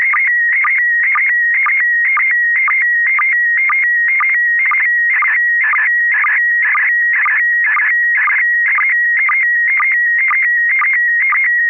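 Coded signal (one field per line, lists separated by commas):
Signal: SSTV (slow-scan television)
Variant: PD 120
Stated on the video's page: SSTV images exchanged on a weekly amateur net via an FM repeater on 441.300 MHz in Sacramento, California.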